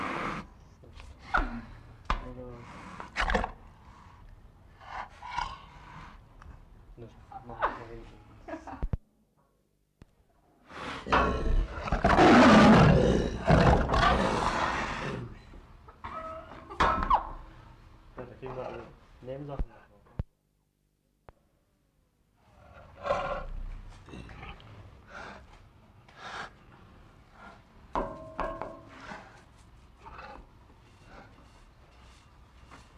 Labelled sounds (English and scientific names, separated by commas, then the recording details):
Tiger (Panthera tigris)
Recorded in captivity
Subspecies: tigris
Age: adult
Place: Tierpark Berlin, Berlin, DE
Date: 1960-02-15
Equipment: Reporter, Vollspur
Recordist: TSA
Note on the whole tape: Bengaltiger: gereizt. Februar 1960